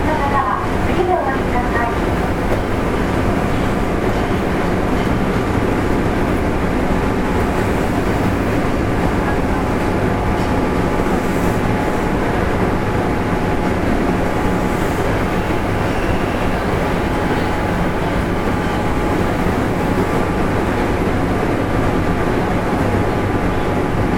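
A 7000 series train runs steadily, its deep rumble and rattling wheels constant for the whole stretch with no change in loudness. Two thin whining tones hold level above the roar, and a few brief squeaks and clicks come near the start.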